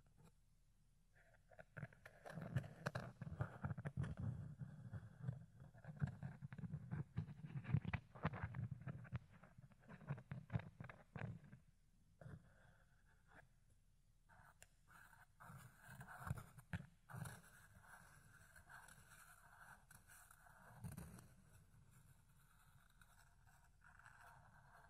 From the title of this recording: Fluffy Ear Cleaning, Ear Picking